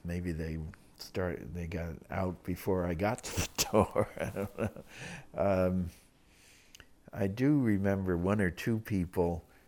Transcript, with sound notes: Maybe they started ----- they got out before I got to the door. [Laughs] I don't know. I do remember one or two people